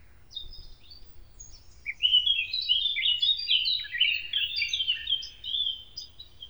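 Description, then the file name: Eurasian blackcap song: a quiet twittering start builds into a loud, fluty warbling phrase of rapid varied notes, with a low rumble underneath. "moenchsgrasmuecke"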